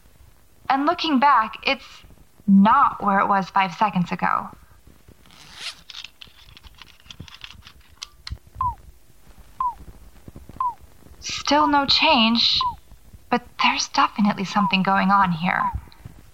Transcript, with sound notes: And looking back, it’s not where it was five seconds ago.
[Zipper]
[Small device turns on, beeping slowly and steadily]
Still no change. But there’s definitely something going on here.